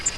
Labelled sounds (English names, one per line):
Grace's Warbler flight call